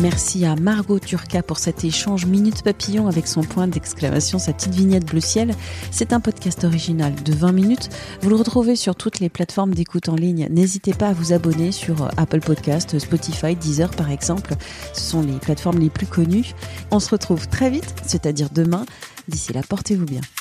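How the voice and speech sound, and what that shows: One adult speaks French clearly and fluently at an even pace, with ordinary voice and articulation.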